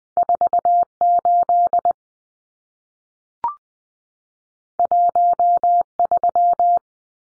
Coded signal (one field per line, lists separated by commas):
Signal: Morse code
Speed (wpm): 20 wpm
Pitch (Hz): 700 Hz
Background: none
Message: 48 13